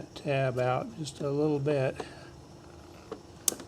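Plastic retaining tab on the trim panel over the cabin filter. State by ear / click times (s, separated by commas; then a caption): released / 3.5 s. On a 2002–2005 Ford Thunderbird, a plastic retaining tab on the interior trim panel over the cabin filter is bent outward while getting at the filter. Someone talks first, then after a quiet stretch and a faint tick at 3.1 s, the tab lets go with a sharp snap at 3.5 s. The tab is released, freeing the part rather than seating it.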